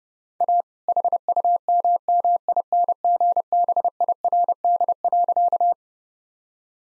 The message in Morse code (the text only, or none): A HUMMINGBIRD.